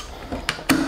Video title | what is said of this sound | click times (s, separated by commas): Colbor CL60 vídeo light | encaixado facinho | 0.5 s, 0.7 s